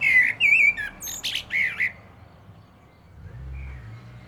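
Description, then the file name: Common blackbird singing one short phrase of mellow whistled notes ending in scratchy high twitters, then near silence with a faint low rumble. "Turdus merula"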